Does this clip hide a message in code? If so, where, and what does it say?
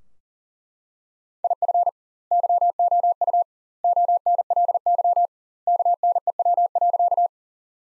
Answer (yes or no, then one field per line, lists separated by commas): yes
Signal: Morse code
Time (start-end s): 1.4-7.3 s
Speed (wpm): 40 wpm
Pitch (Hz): 700 Hz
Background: none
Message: IF YOU ONLY KNEW.